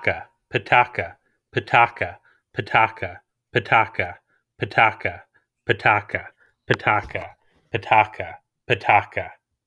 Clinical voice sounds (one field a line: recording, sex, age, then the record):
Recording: repeated syllables /pa ta ka/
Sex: male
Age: 30 to 39 years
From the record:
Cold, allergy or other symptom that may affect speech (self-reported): no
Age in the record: 31 years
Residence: New Jersey, United States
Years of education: 17